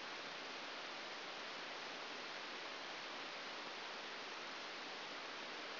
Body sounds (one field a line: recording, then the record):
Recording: brain microelectrode recording played as sound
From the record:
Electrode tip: outside the subthalamic nucleus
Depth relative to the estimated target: -3 mm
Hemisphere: right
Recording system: AlphaMap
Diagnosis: Parkinson's disease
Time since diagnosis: 12 years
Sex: male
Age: 57 years